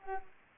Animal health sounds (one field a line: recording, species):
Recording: mosquito wingbeat signal from an infrared sensor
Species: Anopheles arabiensis